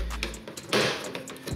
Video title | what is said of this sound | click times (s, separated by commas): 4runner Headlight replacement and full LED upgrade | and kind of pry up on this corner you can hear it popping | 0.2 s, 0.7 s